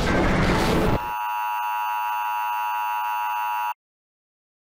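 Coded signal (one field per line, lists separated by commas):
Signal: Emergency Alert System (SAME) tones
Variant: 853 and 960 Hz attention tone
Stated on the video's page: Fictional EAS scenario alert, not a real activation.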